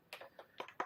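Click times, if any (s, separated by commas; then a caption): 0.8 s. After the bottom bracket shell is checked for residue, a bottom bracket component with a rubber seal is pushed by hand into the bicycle frame shell, giving a quick series of light taps and clicks. The loudest click lands at 0.8 s, but the part is still not fully home.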